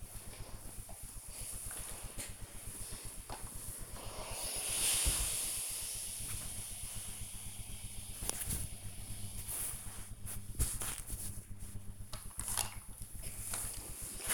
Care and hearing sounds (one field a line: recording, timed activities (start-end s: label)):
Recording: household activities, microphone on the right wrist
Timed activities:
0.00-14.34 s: ironing laundry